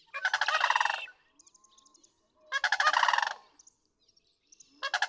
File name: Sandhill Crane